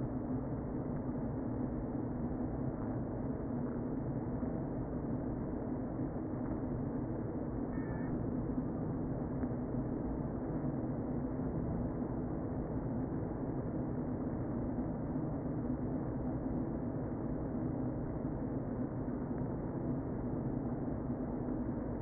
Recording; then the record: honeybee colony, microphone inside the hive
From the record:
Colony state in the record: queen present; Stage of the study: before two queens were removed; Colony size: about 60,000 bees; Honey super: yes